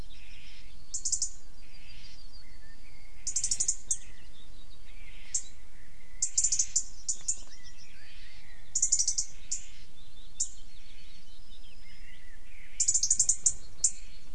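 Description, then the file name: European robin singing: thin, very high twittering phrases alternating with softer lower whistles, repeated every few seconds over constant background noise. "Erithacus rubecula"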